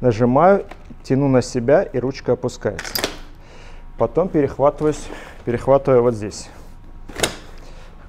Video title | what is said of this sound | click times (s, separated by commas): Espiro Only Way | до щелчка и получаем вот такую компактную конструкцию | 7.2 s